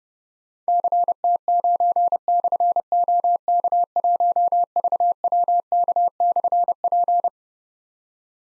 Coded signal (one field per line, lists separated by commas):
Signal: Morse code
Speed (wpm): 30 wpm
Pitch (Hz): 700 Hz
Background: none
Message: CT9/OK1VWK/P